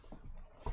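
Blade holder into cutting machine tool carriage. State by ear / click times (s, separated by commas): not seated / none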